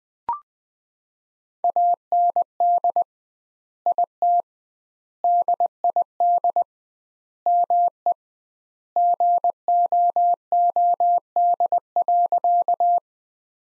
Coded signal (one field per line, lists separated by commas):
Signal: Morse code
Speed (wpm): 19 wpm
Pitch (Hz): 700 Hz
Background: none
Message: AND IT DID ME GOOD.